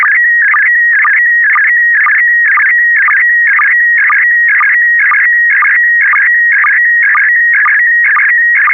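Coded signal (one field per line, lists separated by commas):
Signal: SSTV (slow-scan television)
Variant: PD 120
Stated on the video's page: SSTV net on a 441.300 MHz FM repeater, images sent with MMSSTV.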